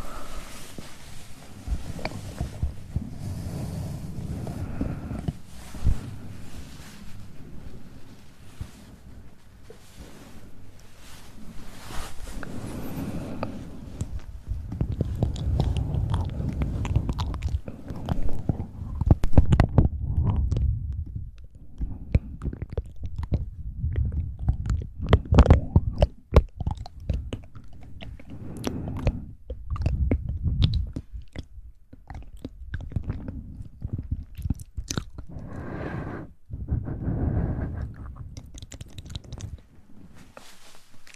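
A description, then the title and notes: Mouth sounds made up of wet clicks, smacks and crunchy chewing-like bites, coming in irregular bursts throughout. A low, soft rumble rises and falls underneath, and sharp bright clicks punctuate the clip every second or so, with louder clusters around 25 and 36 seconds. ASMR Tingly Mouth Sounds.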